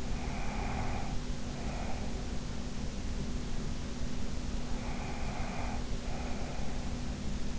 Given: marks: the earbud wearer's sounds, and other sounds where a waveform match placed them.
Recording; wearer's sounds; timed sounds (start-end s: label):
sounds in sleep by an in-ear microphone; breath
0.00-2.33 s: breath
4.61-7.30 s: breath